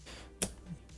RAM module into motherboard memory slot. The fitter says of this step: Press it down until you hear a click, and just do the same with the the other ones.